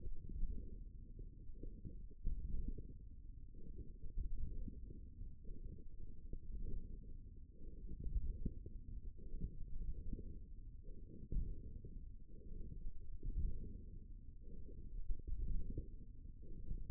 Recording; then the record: forearm muscle sounds (acoustic myography)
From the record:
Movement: hand closing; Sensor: system 1, eight BSWA MPA416 microphones around the upper forearm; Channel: 7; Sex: female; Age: 21 years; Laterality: right